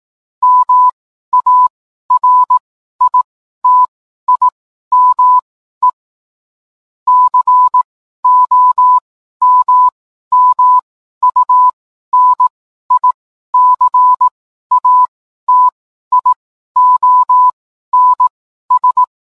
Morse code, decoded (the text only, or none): MARITIME COMMUNICATIONS